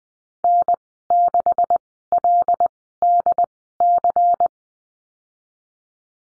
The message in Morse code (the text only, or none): N6LDC